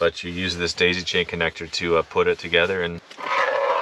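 A plastic daisy-chain connector is being pushed into the mounting bracket of a fridge being installed in a Tesla Model Y. Someone talks for about three seconds, then soft handling noise is heard as the plastic pieces are brought together. The clip ends before the connector goes home, so nothing has seated or clicked yet.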